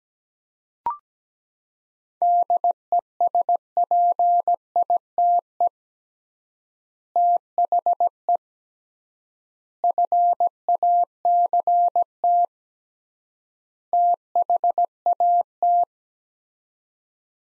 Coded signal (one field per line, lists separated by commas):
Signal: Morse code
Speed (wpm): 17 wpm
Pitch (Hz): 700 Hz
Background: none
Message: DESPITE THE FACT THAT